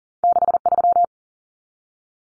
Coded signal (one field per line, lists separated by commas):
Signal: Morse code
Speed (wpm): 40 wpm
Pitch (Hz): 700 Hz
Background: none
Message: 63